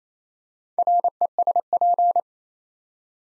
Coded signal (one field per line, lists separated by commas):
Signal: Morse code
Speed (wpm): 27 wpm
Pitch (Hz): 700 Hz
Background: none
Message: RESP